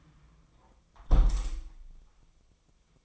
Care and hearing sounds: daily activity, microphone in the room; close window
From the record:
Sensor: 1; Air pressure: 1004.7 hPa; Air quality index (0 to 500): 118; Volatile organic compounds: 4 ppm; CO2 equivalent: 1630 ppm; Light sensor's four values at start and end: 8/21/8/9 and 8/21/8/9

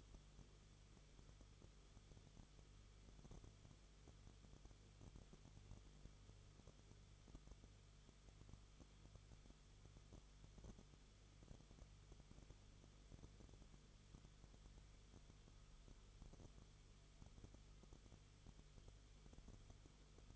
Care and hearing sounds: daily activity, microphone in the room; no activity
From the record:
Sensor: 4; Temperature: 22.9 degrees Celsius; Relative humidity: 34.5%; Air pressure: 1011.5 hPa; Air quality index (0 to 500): 193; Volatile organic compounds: 13 ppm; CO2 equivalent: 2390 ppm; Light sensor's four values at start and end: 2/3/1/1 and 2/3/1/1

